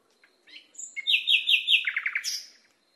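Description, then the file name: Nightingale song: a short varied phrase with a high whistle, a run of rapid chirped notes, a lower series of notes and a final high note. Training recording (masteran) used to teach caged songbirds. "suara masteran nightingale"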